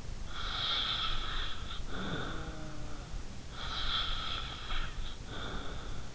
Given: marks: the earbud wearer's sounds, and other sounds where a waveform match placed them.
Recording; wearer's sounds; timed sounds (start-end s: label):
sounds in sleep by an in-ear microphone; snoring breath
0.29-2.67 s: snoring breath
1.84-3.57 s: sound from someone else or the room
3.57-6.01 s: snoring breath